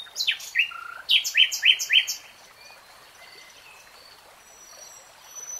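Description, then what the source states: Nightingale song with quick varied chirps and a short run of loud repeated notes, followed by near silence and faint high whistles. Nightingale singing; 3-hour real-time recording.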